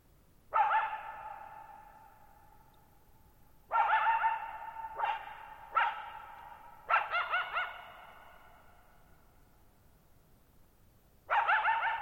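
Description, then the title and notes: Coyote giving loud barks and yips spaced a few seconds apart, each ringing on with a long fading echo, some doubled into quick wavering yips. Lone coyote calling at night, July 14, 2019, near Thirtymile Meadows, Okanogan National Forest, Okanogan High Country, Pacific Northwest, 6400 ft (1950 m), shallow bowl-shaped meadow on a high dry plateau. "Lone Coyote at Thirtymile Meadows. night of July 14, 2019, camped near Thirtymile Meadows in the Okanogan National Forest at 6400 ft (1950 m)"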